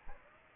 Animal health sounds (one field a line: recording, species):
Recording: mosquito wingbeat signal from an infrared sensor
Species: Aedes aegypti